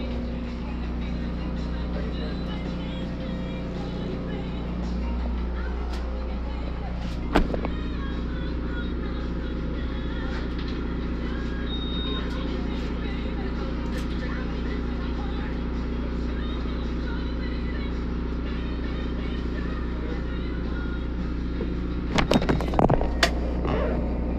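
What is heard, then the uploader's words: Inside a mobile blood donation bus, a steady low engine-like hum runs throughout under a faint layer of radio talk and music. Short sharp clicks or beeps cut in near 7 seconds and again in a brief cluster around 22 seconds. Sounds from donating blood on a mobile bus, mostly sounds from the local radio station and some occasional beeping.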